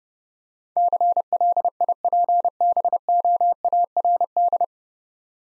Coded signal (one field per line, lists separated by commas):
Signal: Morse code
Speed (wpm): 28 wpm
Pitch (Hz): 700 Hz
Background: none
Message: CLIPBOARD